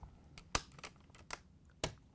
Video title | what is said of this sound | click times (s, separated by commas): How To: GE Ice Deflector WR17X10282 | and then you can snap it into place. | 0.6 s, 1.8 s